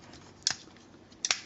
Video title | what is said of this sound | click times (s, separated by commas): TITANS RETURN TRIGGERHAPPY AND BLOWPIPE TRANSFORMERS REVIEW | do the same thing again on the other side click and then click and then there you go | 0.5 s, 1.3 s